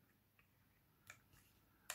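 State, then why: Seated. After a battery change on a Captiva C140 LTZ remote, the metal mechanical key blade is pushed back into its slot in the plastic remote fob housing. A faint tick comes at 1.1 s, then a sharp, loud click at 1.9 s as the key blade seats in place.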